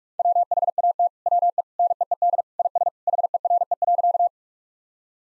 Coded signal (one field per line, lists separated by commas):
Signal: Morse code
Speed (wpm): 46 wpm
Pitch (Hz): 700 Hz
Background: none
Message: WHAT WE NEED IS HERE.